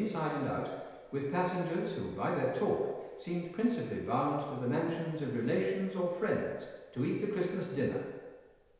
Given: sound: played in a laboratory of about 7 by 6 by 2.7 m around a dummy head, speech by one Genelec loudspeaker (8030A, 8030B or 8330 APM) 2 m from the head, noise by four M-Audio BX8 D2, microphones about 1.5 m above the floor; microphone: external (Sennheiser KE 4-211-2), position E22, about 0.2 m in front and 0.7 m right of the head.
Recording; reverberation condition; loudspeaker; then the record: male speech in English; high; 30 degrees to the left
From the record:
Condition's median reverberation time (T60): about 1300 ms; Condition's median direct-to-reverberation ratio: about -4.0 dB